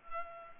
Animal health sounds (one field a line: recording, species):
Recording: mosquito wingbeat signal from an infrared sensor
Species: Culex pipiens